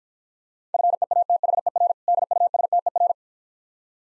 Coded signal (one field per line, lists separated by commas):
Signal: Morse code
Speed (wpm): 50 wpm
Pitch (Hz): 700 Hz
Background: none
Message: FEATHER DUSTER